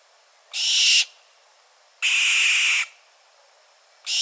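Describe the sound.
Bird emitting broad, noisy screeches, two drawn-out hissing bursts, then a third starting at the end.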